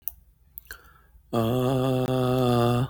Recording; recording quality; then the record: sustained vowel as in made; excellent, no background noise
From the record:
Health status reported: exposed to COVID-19, no respiratory illness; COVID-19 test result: not tested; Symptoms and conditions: none ticked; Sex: male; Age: 26 years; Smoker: not ticked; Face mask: not worn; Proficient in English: yes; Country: United States